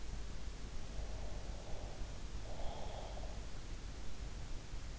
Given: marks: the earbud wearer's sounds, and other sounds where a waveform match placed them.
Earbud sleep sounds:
sounds in sleep by an in-ear microphone; breath
0.79-3.64 s: breath

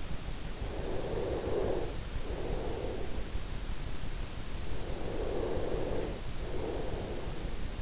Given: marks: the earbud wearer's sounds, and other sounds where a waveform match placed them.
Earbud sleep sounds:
sounds in sleep by an in-ear microphone; snoring breath, breath
0.82-3.82 s: snoring breath
4.82-7.82 s: breath

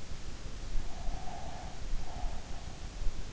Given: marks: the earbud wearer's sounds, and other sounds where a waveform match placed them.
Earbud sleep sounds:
sounds in sleep by an in-ear microphone; breath
0.95-3.09 s: breath

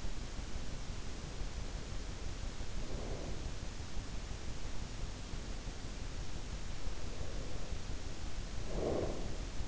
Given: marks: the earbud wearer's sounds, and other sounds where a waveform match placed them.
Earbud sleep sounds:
sounds in sleep by an in-ear microphone; breath
1.54-3.59 s: breath
6.57-9.68 s: breath

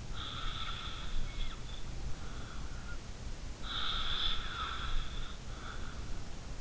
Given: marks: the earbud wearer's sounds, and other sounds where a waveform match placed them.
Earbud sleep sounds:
sounds in sleep by an in-ear microphone; snoring breath
0.09-2.96 s: snoring breath
3.61-6.10 s: snoring breath

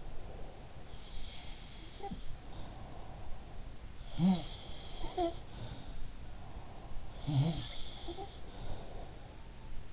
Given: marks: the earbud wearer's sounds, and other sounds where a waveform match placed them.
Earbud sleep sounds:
sounds in sleep by an in-ear microphone; breath
0.00-1.13 s: breath
0.52-2.36 s: sound from someone else or the room
2.25-4.08 s: breath
3.36-6.03 s: sound from someone else or the room
6.29-9.27 s: breath
6.60-9.20 s: sound from someone else or the room

